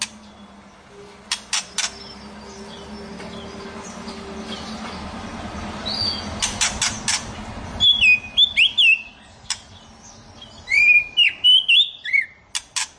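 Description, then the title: White-rumped shama: background noise and scattered clicks, then phrases of high twisting whistles in the second half. "Kicau Murai Batu"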